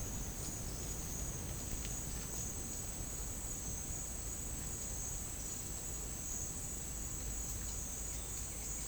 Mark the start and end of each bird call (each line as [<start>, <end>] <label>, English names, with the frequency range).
[8.03, 8.88] White-winged Becard (1.5-3.1 kHz)